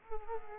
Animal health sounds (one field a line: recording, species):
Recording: mosquito wingbeat signal from an infrared sensor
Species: Culex quinquefasciatus